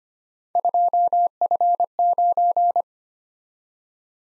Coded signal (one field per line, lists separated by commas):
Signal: Morse code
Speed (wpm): 26 wpm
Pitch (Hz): 700 Hz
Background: none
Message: 2F9